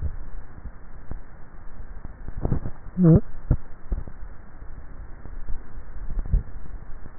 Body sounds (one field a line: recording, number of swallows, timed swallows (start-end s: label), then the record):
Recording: swallowing sounds by neck microphone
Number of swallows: 1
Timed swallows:
5.98-6.62 s: swallow
From the record:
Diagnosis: dysphagia